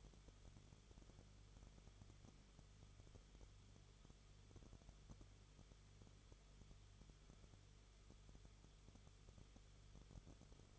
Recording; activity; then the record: daily activity, microphone in the room; no activity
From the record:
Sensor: 4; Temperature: 22.9 degrees Celsius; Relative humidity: 34.5%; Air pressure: 1011.5 hPa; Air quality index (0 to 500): 193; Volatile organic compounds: 13 ppm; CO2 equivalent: 2389 ppm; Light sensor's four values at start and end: 2/3/1/1 and 2/3/1/1